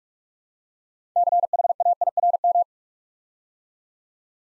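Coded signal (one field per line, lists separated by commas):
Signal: Morse code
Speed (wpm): 44 wpm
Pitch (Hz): 700 Hz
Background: none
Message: CHAIRM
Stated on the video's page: Morse Code Ninja "Build A Word" practice: 8-letter words built up three letters at a time, sent at 45 wpm for instant character recognition.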